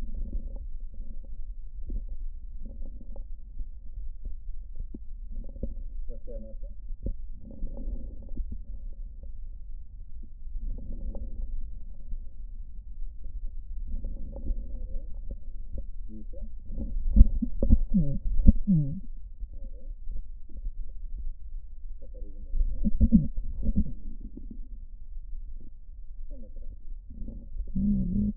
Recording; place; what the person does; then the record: lung sounds by stethoscope; right posterior basal chest; quiet breathing, then cough and speech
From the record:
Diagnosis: COPD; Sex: female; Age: 72 years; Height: 156 cm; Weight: 72 kg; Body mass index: 29.6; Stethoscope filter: diaphragm mode